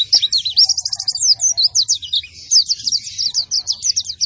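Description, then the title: White-eye song: a brief run of sharp, high chirps and fast trills in quick succession. Vigorously singing ('gacor') bird, said to be fed only banana and given no doping. "Pleci Gacor Tanpa Doping Hanya Pake Pisang"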